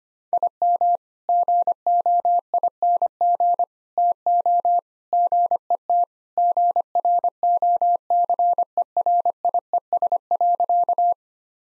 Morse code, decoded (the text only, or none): IM GOING TO GET GROCERIES.